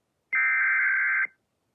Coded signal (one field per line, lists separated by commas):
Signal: Emergency Alert System (SAME) tones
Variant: header bursts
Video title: EAS Special Marine Warning 3/15/25 (Credit Goes To @SouthernPennsylvaniaWX & @KanawhaCountyWX)